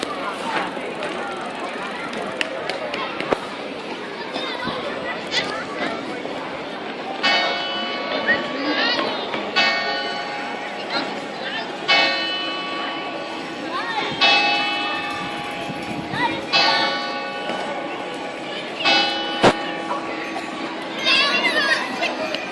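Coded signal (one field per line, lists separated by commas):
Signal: clock strike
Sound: street ambience, then a single church bell striking 6 times, evenly spaced, ringing out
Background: outdoor town ambience, voices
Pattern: 6 strikes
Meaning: Strikes the hour: 6 p.m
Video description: -h. 18:00: segnale orario sulla campana mezzana Do#3.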